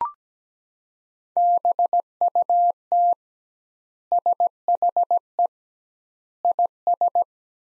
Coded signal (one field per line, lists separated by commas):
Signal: Morse code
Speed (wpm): 17 wpm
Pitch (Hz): 700 Hz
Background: none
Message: BUT SHE IS